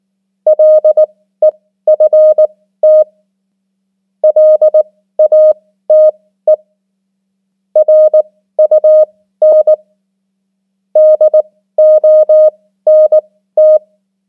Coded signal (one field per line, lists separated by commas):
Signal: Morse code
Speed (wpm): 19 wpm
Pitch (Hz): 620 Hz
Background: none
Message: LEFT LATE RUN DONT